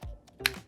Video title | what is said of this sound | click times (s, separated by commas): NEW! DJI Osmo Mobile 6 Unboxing 📦📸 | until it actually locks in, and there you go. | 0.5 s